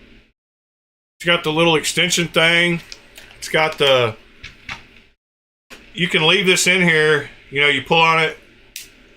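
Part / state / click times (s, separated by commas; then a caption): extension shaft locking into a micro screwdriver handle / seated / 8.8 s. Someone talks while pulling on the extension shaft of a cheap micro screwdriver set, which locks into the handle with a sharp click at 8.8 s. Two fainter taps are heard at 4.5 s and 5.0 s.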